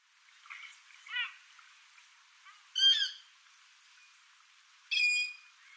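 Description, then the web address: Common moorhen calls: several abrupt, harsh, croaking notes with a nasal, squawky tone, given irregularly over about five seconds. "Vogelraetsel 3. Rohrhenne"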